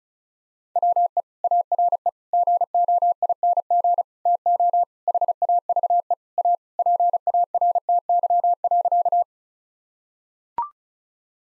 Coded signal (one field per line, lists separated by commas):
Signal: Morse code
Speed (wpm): 36 wpm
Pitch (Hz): 700 Hz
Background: none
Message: WE ARE GOING TO HAVE A PARTY.